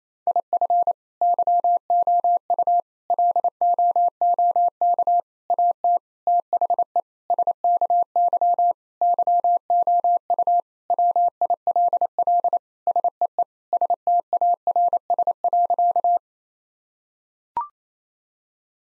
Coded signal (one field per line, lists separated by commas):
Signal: Morse code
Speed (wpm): 28 wpm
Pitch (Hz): 700 Hz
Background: none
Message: IF YOU LOOK AT THE SKY YOU WILL SEE STARS.